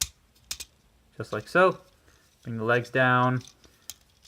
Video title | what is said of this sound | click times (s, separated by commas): Hunt for the decepticons Firetrap - Review #67 | take this top section here and bring it back all the way fold this up and it will click into place just like | 0.0 s, 0.5 s